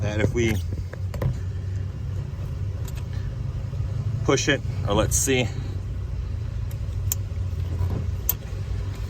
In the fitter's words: it locks in place